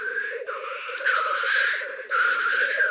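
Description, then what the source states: Black grouse producing a continuous low, dove-like bubbling warble, overlaid by harsh, rushing hissy sounds that swell and break off twice. Recorded in Slovenia.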